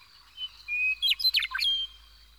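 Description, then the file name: Meadowlark song: two clear whistled notes, then a quick tumbling run of bright, gurgling notes that ends on a sustained whistle. "Gordon Hemption - Meadowlark"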